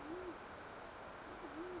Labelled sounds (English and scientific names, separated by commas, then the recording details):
Band-tailed Pigeon (Patagioenas fasciata)
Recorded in Sonoma County, California